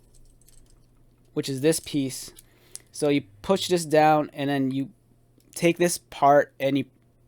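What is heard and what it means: Someone talks while handling a Transformers Optimus Prime action figure, pushing down a hinged plastic tab that locks into the figure's torso, a lock that is not very stiff. A few faint, quiet handling ticks come early, around 0.2 to 0.7 seconds, under the talking. The tab has not seated or clicked into place yet.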